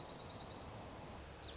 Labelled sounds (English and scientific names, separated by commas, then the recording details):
Dark-eyed Junco (Junco hyemalis)
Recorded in Sonoma County, California